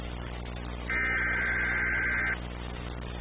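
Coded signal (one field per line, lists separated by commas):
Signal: Emergency Alert System (SAME) tones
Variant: header bursts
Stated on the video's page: EAS alert aired on Nickelodeon, taken from a tape screencap, low quality.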